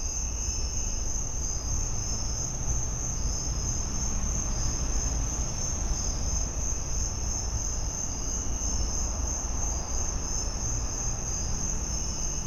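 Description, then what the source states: Cricket chorus, a shrill unbroken trill running steadily from start to finish, with a heavy low background rumble beneath it. In a suburban back yard.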